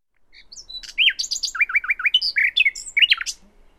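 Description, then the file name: Common nightingale song phrase: a quick series of rich, looping whistled notes repeated rapidly, ending in a few sharper chirps. "Luscinia megarhynchos"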